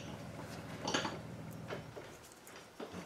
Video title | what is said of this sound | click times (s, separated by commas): now that the motor is in lets make it so its sits on all 4 wheels | So all we're going to do now is just slide the strut into the hole until you hear a clunk. | 0.9 s